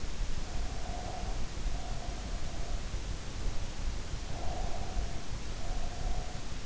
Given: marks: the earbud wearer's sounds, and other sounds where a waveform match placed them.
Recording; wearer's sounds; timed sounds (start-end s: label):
sounds in sleep by an in-ear microphone; breath
0.36-2.93 s: breath
4.22-6.47 s: breath